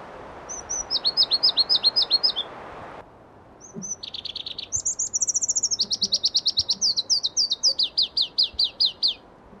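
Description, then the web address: Pallas's leaf warbler song, two bursts of very high repeated notes, the second long and varied, moving between rapid trills, buzzy rattles and sliding whistles. Listvyanka, 25 June 2012. "June 25 2012 Phproregulus Listvyanka"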